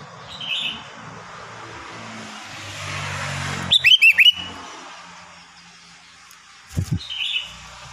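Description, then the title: Sooty-headed bulbul song: a single rapid phrase of bubbly chirps midway, with soft traffic hum and a few faint extra notes around it. "Kutilang"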